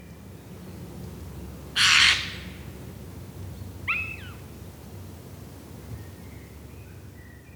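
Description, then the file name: Eurasian jay call: one loud harsh rasping screech of about half a second, then a brief nasal downslurred note near four seconds, with faint bird notes later. "Garrulus glandarius"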